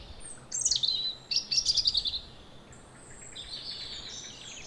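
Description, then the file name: European robin song, a high, thin phrase of descending whistles and rapid trills, then fainter high warbling notes over steady background hiss. "Erithacus rubecula"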